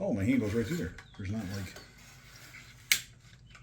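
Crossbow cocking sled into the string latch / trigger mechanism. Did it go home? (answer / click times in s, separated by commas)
partly / 2.9 s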